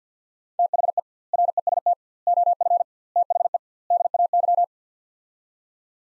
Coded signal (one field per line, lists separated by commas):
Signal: Morse code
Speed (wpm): 50 wpm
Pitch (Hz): 700 Hz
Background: none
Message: THE REST OF THE DAY